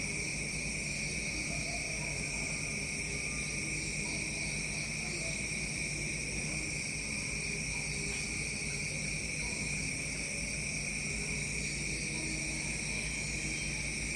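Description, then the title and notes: Insects keep up a steady, unbroken high-pitched drone in several layered bands. Insect drones at a jungle villa in Unawatuna, Sri Lanka, at dawn. "Villa jungle paradise - Unawatuna, Sri Lanka, insect drones and dawn chorus. by Espaces Sonores. Music for Sleep"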